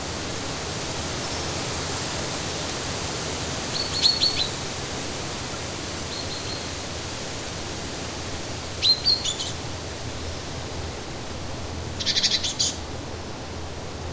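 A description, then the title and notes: A steady, dense rush of falling water fills the rainforest, with brief high bird chirps near four, nine and twelve seconds. Birds, waterfalls and all the gentle sounds of the rainforest will calm you. Birds, Waterfalls and the Rainforest.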